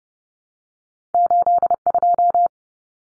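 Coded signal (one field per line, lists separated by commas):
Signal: Morse code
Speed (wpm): 30 wpm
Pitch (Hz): 700 Hz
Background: none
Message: 82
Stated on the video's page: Head-copy drill of two-digit cut numbers (T, A, N for 0, 1, 9) at 30 wpm, sent, spoken, then sent again.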